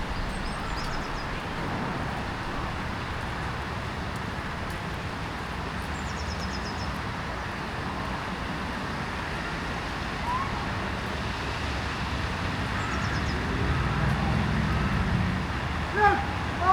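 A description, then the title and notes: A fountain sprays in the distance, a dense, unbroken rushing wash that sits heavy and rumbling at the low end throughout. Faint high chirps flicker in near the start, around six seconds and again near thirteen, and the wash swells slightly toward the end, with a sharp knock just after sixteen seconds. City park, part 1. Captured in a city park on Boxing day. A fountain is spraying water high into the air in the distance while children play.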